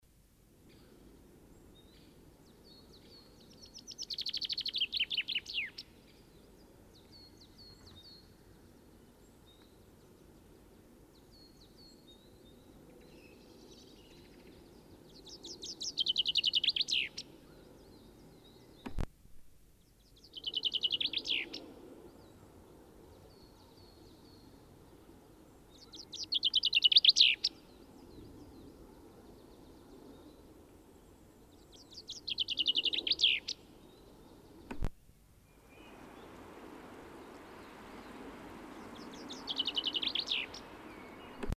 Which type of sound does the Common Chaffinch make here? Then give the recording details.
song. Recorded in the wild. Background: Periparus ater. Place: Kaiserslautern, Rheinland-Pfalz, DE. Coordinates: 49.4481, 7.78778. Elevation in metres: 241. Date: 1974-03-28. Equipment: Nagra IV, Sennheiser MKH 405, Parabolreflektor. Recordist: Tretzel, Erwin. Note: Kaiserslautern - Ost: Gesang